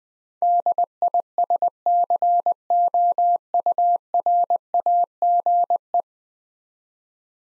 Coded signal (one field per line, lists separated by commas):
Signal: Morse code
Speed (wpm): 20 wpm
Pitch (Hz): 700 Hz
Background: none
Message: DISCOURAGE